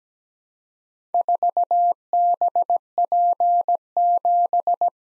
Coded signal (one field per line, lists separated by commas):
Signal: Morse code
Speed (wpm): 17 wpm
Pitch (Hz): 700 Hz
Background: none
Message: 4BP7